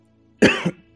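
A single short adult cough with an abrupt, loud onset and a smaller second push at the end, about a third of a second long. A faint steady hum sits in the background of a quiet indoor space.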